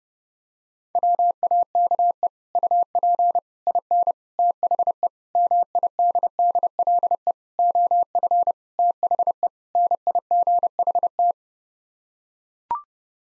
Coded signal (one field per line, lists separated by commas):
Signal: Morse code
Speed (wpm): 30 wpm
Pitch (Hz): 700 Hz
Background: none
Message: WAKE UP IN THE MIDDLE OF THE NIGHT